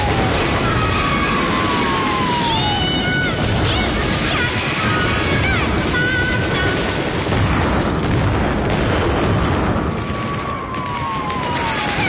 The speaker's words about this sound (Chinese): 此时阵地突然遭到美军飞机袭击，几颗炮弹在周围炸响。